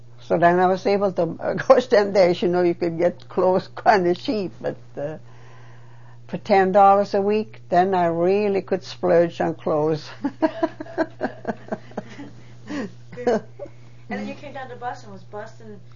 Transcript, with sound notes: So then I was able to, of course, them days, you know, you could get clothes kind of cheap but, uh, for ten dollars a week. Then I could really splurge on clothes. (They laugh,)
That's good. And when you came down to Boston, was Boston,